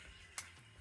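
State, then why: Seated. While replacing the LCD/touch screen on a Samsung Galaxy J3 Emerge (model SM-J327P), the display flex cable connector is lined up with tweezers following an arrow and pressed onto its logic board socket. A single sharp, bright snap is heard at 0.4 s over a quiet background. The connector snaps home and is seated.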